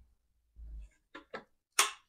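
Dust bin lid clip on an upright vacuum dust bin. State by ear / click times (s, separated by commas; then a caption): seated / 1.8 s. The plastic lid of a Hoover HL4 Home upright vacuum cleaner's dust bin gets an extra push so its grey clip snaps shut. A low rumble is followed by two light taps at about 1.2 and 1.4 s, then a sharp, bright click at 1.8 s as the clip seats.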